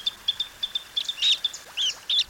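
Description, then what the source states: Western Sandpiper calls: thin, high, squeaky notes repeated rapidly in short bursts, over a faint low background. Breeds in Canada and winters on the coast of Sinaloa, Mexico, feeding in spaces created within shrimp farms; locally called playerito.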